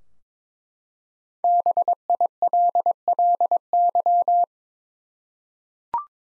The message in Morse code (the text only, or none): BILLY